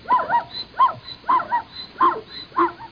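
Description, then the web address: Zebra barking call: a rhythmic series of short, hoarse yelps, some in pairs, repeated roughly every half second. "Micro RD-CD-ROM-Vol 1. zebra"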